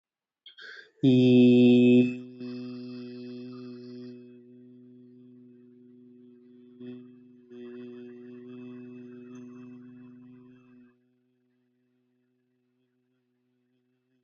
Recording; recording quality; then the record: sustained vowel as in beet; excellent, no background noise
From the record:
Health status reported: healthy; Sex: male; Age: 24 years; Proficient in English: yes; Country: India